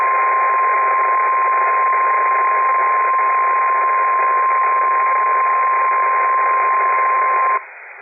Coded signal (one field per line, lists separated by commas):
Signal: Emergency Alert System (SAME) tones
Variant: 1050 Hz attention tone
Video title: Required Weekly Test EAS 83-85